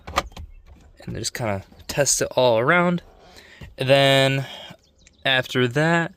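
An interior dash panel on a Ford Fusion/Lincoln MKZ, started on its clips, is pushed into the dashboard during a cabin air filter replacement. Several sharp clip snaps are heard at about 0.1, 0.2 and 0.4 seconds as the panel locks into place, and then someone talks. The panel is seated.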